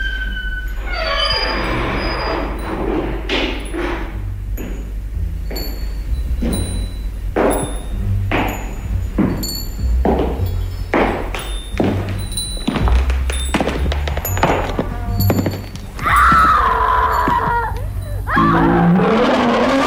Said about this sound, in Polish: Kroki, krzyk, ryk lwa i zaczynamy? Zaczynamy, zapraszam.